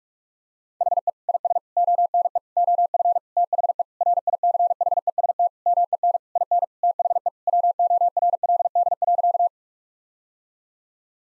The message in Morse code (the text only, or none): HE IS ONE OF THE RICHEST MEN IN THE WORLD.